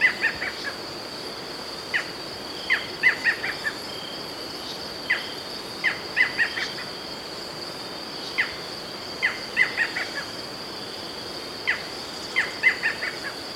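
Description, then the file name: Barred Forest Falcon giving repeated phrases of a lone sharp note then quick barking notes, recurring every three seconds or so above a constant insect drone. "Micrastur ruficollis - Barred Forest Falcon"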